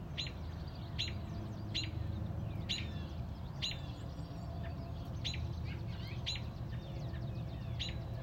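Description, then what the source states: Robin giving sharp, high chipping calls roughly once a second, steady and insistent, with faint twittering from other birds and a low background hum. Mother robin on a front porch protecting a newly hatched chick.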